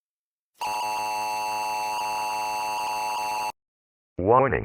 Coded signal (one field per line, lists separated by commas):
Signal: Emergency Alert System (SAME) tones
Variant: 853 and 960 Hz attention tone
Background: speech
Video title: My second eas vid :D